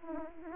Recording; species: mosquito wingbeat signal from an infrared sensor; Aedes aegypti